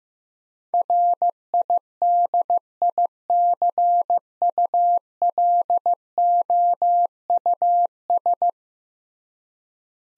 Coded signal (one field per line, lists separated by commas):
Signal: Morse code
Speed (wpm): 15 wpm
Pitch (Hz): 700 Hz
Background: none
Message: RIDICULOUS